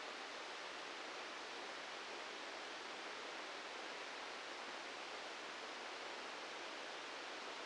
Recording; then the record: brain microelectrode recording played as sound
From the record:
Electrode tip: outside the subthalamic nucleus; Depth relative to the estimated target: 4 mm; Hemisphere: right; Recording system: NeuroSet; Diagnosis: Parkinson's disease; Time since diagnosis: 10 years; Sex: male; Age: 56 years